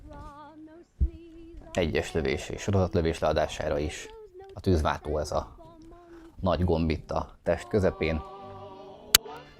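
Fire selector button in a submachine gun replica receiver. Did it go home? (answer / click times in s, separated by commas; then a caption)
yes / 9.1 s. Someone talks over background music while the cross-bolt fire selector button in the middle of the metal body of a Northeast Airsoft Sten Mk.5 submachine gun replica is pushed across into position. It clicks sharply into place at 9.2 s and sits sturdily, without slipping out of position.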